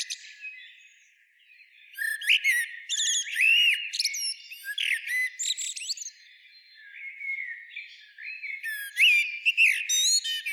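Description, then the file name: Common blackbird sounding rapid, high twittering phrases mixed with short rising and falling whistled notes, coming in uneven bursts throughout. "Turdus merula"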